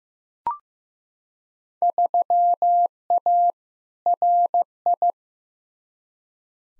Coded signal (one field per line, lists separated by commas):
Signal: Morse code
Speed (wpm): 15 wpm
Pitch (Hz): 700 Hz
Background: none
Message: 3A RI